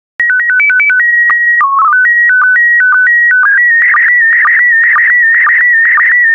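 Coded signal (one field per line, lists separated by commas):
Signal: SSTV (slow-scan television)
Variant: PD 120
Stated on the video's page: Computer-generated daily SSTV practice transmission in PD120 mode.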